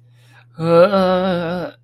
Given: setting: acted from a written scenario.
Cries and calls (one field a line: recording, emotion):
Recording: vocal sound without words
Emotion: ecstasy